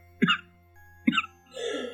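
Two short, harsh cough bursts about a second apart, from an adult who has tested positive for COVID-19 and is still coughing.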